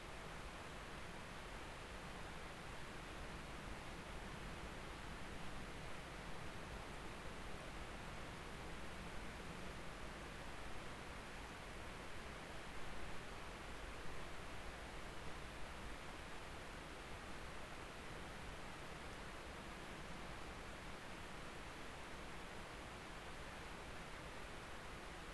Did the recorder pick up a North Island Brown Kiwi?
no